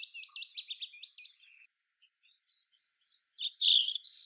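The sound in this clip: European robin song, a wavering series of thin, looping notes, then a pause and a louder, fuller high phrase.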